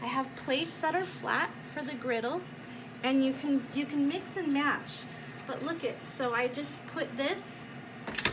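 Someone talks while handling a flat metal griddle plate above an electric grill/waffle maker base, about to set it on top and press it until it snaps into place. A few brief, sharp handling knocks come at about 8.1–8.3 s near the end, but the plate has not snapped in or seated yet.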